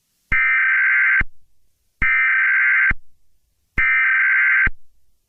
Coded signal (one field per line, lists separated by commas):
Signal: Emergency Alert System (SAME) tones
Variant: header bursts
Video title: EAS SCENARIO: unknown creature